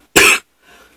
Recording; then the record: coughing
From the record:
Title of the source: 64 coughing, allergies, singing lungs